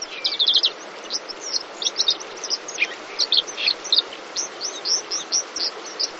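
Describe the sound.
Bird chirping: bursts of quick, high, twittering notes in irregular clusters, with a steady background hiss.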